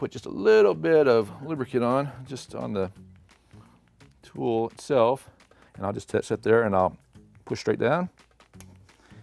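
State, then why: Seated. A new O-ring is pushed down over the inlet valve piston of a Brocock Compatto air rifle fill valve, using a small lubricated cone tool with a cutout. Someone talks, then quiet handling sounds follow and a sharp click at 8.6 s marks the O-ring snapping into place on the piston.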